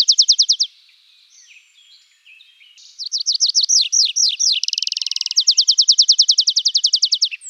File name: anthus trivialis